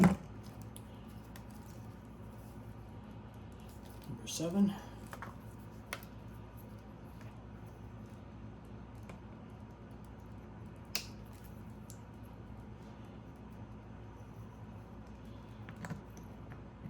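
A harness connector is handled near injector number seven on a ZX6R, with faint plastic ticks, a rustle around 4 to 5 seconds and a sharper tick near 11.0 seconds over a quiet background while someone talks. Nothing has seated or clicked yet.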